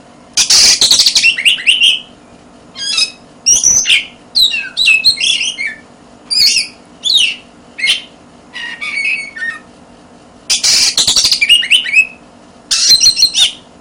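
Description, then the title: Oriental magpie-robin singing a loud, rapid run of varied whistles, chatters and harsh buzzy notes with brief gaps, over a low steady hum. "suara kacer"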